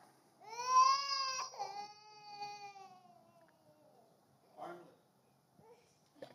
The sound of a baby crying.